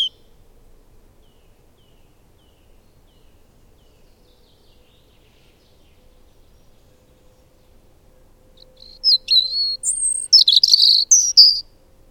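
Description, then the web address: Bird song: nearly nine seconds of near silence, then one lively phrase of high slurred whistles and dense twittering trills. "madarak enek"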